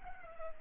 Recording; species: mosquito wingbeat signal from an infrared sensor; Culex pipiens